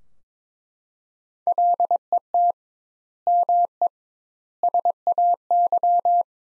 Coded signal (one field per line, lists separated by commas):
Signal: Morse code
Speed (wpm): 22 wpm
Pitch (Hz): 700 Hz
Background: none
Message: LET ME SAY